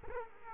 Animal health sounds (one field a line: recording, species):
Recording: mosquito wingbeat signal from an infrared sensor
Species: Culex quinquefasciatus